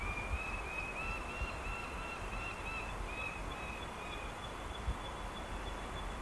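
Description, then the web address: Lanner falcon calling with a string of slightly wavering, nasal notes for about four seconds, then stopping, with steady low background noise. "sound Lanner-falcon. صدای-پرنده-لاچين"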